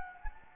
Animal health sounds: mosquito wingbeat signal from an infrared sensor; Anopheles gambiae

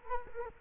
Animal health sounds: mosquito wingbeat signal from an infrared sensor; Culex quinquefasciatus

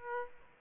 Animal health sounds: mosquito wingbeat signal from an infrared sensor; Aedes aegypti

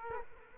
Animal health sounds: mosquito wingbeat signal from an infrared sensor; Culex quinquefasciatus

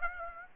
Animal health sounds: mosquito wingbeat signal from an infrared sensor; Aedes aegypti

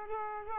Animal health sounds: mosquito wingbeat signal from an infrared sensor; Culex pipiens

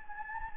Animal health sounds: mosquito wingbeat signal from an infrared sensor; Anopheles gambiae

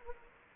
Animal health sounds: mosquito wingbeat signal from an infrared sensor; Anopheles gambiae

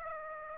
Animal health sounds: mosquito wingbeat signal from an infrared sensor; Aedes aegypti

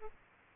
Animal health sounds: mosquito wingbeat signal from an infrared sensor; Aedes aegypti

